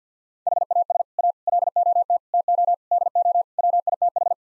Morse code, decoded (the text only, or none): HAS A LOT TO DO WITH